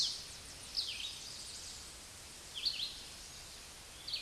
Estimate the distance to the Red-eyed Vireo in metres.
about 35 m